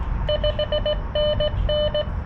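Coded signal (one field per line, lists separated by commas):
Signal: Morse code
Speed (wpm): 17 wpm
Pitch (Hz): 600 Hz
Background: none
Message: 5NN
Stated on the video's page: CW Parks On The Air activation sent on a Palm Radio Portable straight key with a Xiegu X6200 at about 6 W; poor band conditions.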